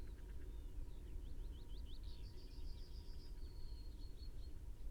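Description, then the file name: Common chaffinch song: a faint accelerating run of thin descending notes ending in a brief flourish, over a constant low rumble. "Fringilla coelebs"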